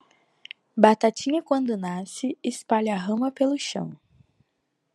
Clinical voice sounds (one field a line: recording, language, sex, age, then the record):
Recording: short text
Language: Brazilian Portuguese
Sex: female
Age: 20 to 29 years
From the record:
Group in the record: control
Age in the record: 21 years